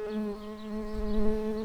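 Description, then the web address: Early bumblebee buzzing: a steady, low droning hum with rich harmonics, holding an even pitch throughout, with slight wavering and soft rumbling underneath. Worker bumblebees. "Pratorum workers"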